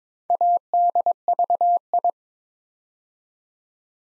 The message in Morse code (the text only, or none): ADVI